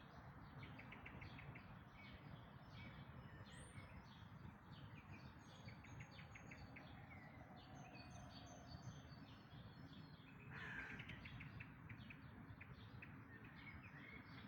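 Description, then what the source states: Birds in a dawn chorus: many overlapping high chirps, trills and short whistled notes throughout, over a steady low rumble of background noise. Dawn chorus of birds recorded in May 2026.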